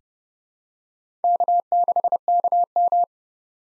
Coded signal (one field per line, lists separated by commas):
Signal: Morse code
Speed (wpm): 30 wpm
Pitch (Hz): 700 Hz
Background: none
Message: K6KM